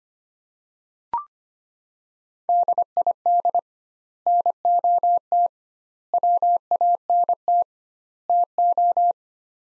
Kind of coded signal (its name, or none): Morse code